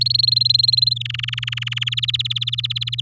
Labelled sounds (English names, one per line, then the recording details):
Domestic Canary song
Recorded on 7 May 2018 at 07:37
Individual llb16